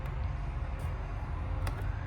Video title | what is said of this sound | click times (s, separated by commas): 21-26 seadoo RXPX 300/325 Wet Jet Performance control lever installation | Put your top piece in first, you'll hear it click. | 1.7 s